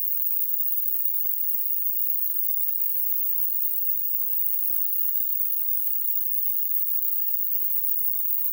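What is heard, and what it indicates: A steady, unbroken hiss rich in high pitches plays for the full length without pauses or rhythm changes. It is a simulated tinnitus sound, imitating the constant hissing or rushing noise a person with tinnitus hears.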